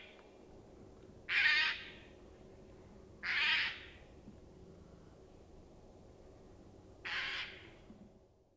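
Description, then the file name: Eurasian jay uttering three separate hoarse screeches spaced about two to four seconds apart, with quiet background between them. "Garrulus glandarius"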